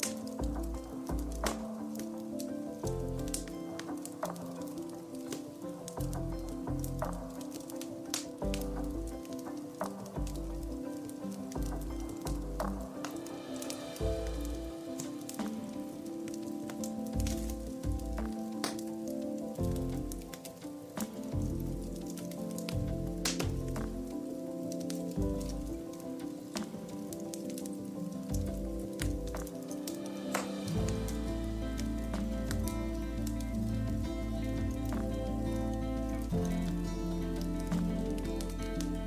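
Soft, steady music of sustained low tones over a crackling fireplace, with frequent small pops and a deeper held bass entering near thirty seconds.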